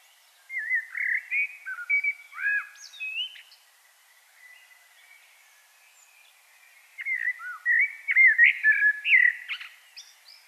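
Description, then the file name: Common blackbird song: two warbled phrases of mellow fluted whistles, separated by a few seconds of quiet. "Turdus merula"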